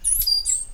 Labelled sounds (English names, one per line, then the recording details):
Stitchbird song
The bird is a male
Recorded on Tiritiri Matangi Island, New Zealand, in 2005
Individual 8, of nest box 10